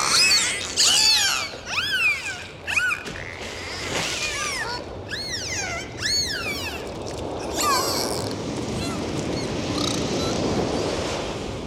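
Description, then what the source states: Dolphins whistling in a rapid series of arched, rising-then-falling whistles, many overlapping, with a steady wash of water noise underneath. Dolphins recorded with the sound of waves.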